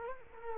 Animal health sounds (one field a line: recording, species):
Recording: mosquito wingbeat signal from an infrared sensor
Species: Culex quinquefasciatus